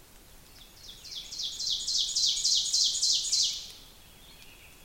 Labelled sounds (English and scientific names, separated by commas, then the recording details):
Ovenbird (Seiurus aurocapilla) song
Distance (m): 20 m
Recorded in boreal forest in Alberta, Canada, on 5 June 2016 at 06:24
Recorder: SongMeter 3, array SBT-3-51
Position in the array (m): 244 m, 132 m
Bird 28